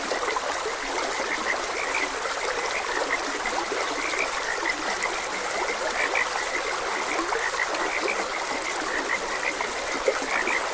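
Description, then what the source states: Frogs croaking in a chorus, many short notes over a steady rushing stream. Frogs croaking beside a gentle stream; a nature ambience recording.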